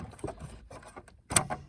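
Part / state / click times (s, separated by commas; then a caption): wiring harness connector on rear fuse and relay module / released / 1.4 s. On a Mercedes-Benz R-Class W251, the plastic lever on the wiring harness connector of the rear fuse and relay module is rotated, with soft scraping and handling noises. At 1.4 s a sharp click sounds as the lever unlatches, and the connector is released to be lifted off.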